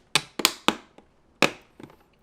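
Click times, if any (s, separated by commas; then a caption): 0.2 s, 0.4 s, 0.7 s, 1.4 s. A plastic side-mirror cover is lined up on its clips and pushed onto the mirror housing by hand. Several sharp, loud clicks ring out at 0.1, 0.5, 0.7 and 1.4 seconds, with a few softer taps in between and after. The cover snaps in and is seated.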